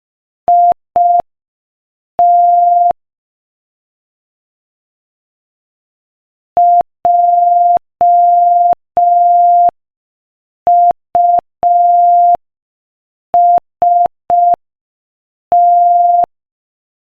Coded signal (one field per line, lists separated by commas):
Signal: Morse code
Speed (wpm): 5 wpm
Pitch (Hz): 700 Hz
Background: none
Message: IT JUST